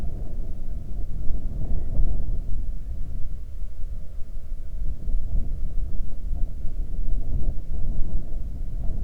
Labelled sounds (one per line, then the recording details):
wind
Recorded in the Prudhoe Bay oil fields, Alaska, on 31 July 2019 at 07:33
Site 24